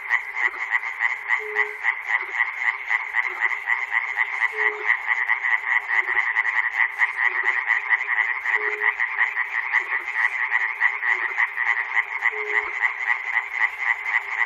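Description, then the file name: Frogs in full chorus, a thick wall of quick rattling croaks, with short low tones recurring about every four seconds. Frogs recorded at Chernobyl. "peter cusack-chernobyl frogs"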